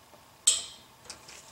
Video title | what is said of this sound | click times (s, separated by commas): 2 Stroke Cylinder Install Onto Piston How To Vittorazi Moster 185 | just tighten it until you hear a click and stop | 0.5 s